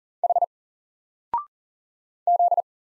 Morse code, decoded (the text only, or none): H Z